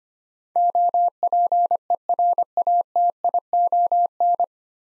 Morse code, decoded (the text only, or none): OPERATION